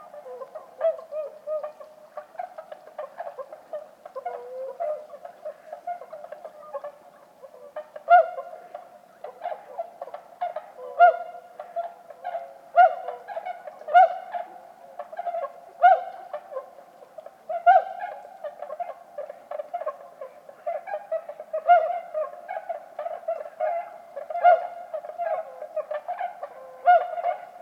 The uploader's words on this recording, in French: Rumeurs nocturnes de l'hiver - Lac du DER. Couple mkh20 - nagra seven. Cris et appels des Cygnes de Bewick (Cygnus bewicki) sur leur lieu de dortoir. Il est plus de deux heures du matin et le silence règne sur la campagne champenoise.